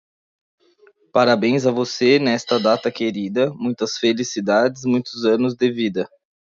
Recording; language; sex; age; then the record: short text; Brazilian Portuguese; male; 30 to 39 years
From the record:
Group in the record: control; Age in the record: 32 years